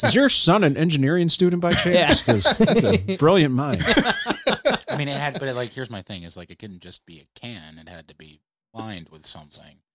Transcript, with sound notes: "Is your son an engineering student by change?"
Yeah, 'cause it's a brilliant mind. (laughing)
I mean, it had, but like, here's my thing is like, it couldn't just be a can. It had to be lined with something.